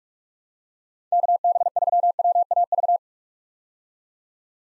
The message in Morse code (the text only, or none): KB3WAV